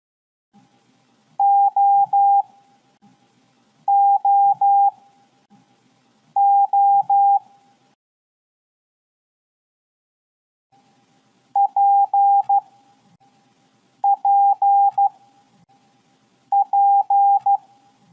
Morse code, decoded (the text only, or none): OOO PPP